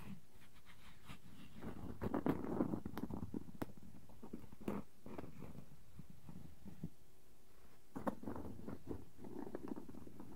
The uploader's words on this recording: ASMR No Talking Wooden Objects Tapping and Scratching ( Cork, Bowl, Lid, Block).